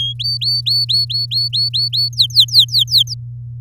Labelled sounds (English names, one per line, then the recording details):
Domestic Canary song
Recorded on 10 May 2018 at 17:11
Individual llb16